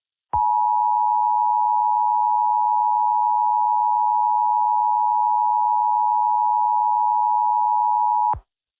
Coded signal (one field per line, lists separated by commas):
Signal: Emergency Alert System (SAME) tones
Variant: 853 and 960 Hz attention tone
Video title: [2024 REUPLOAD] THE LAST SEASON- EAS SCENARIO